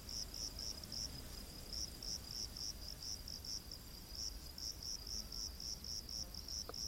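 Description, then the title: Cricket chirps, quick high pulses in short bursts with brief pauses, over a steady hiss of background noise. Crickets in a rainforest at night. "Crickets of the Rainforest 🌿. Exotic Insect Orchestra"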